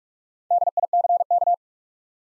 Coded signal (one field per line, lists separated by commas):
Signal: Morse code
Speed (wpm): 46 wpm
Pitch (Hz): 700 Hz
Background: none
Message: DICK